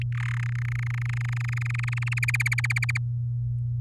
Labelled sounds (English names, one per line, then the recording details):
Domestic Canary song
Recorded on 9 May 2018 at 05:44
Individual llb16